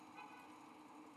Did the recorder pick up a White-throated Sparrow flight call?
no